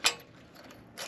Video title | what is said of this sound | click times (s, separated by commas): Installing the Cravot CyberRack S2 on a Jeep Wrangler - Heavy-Duty E-Bike Rack Review | and we're going to place it on until it clicks. | 0.1 s